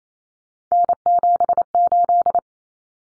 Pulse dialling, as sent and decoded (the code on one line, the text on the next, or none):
none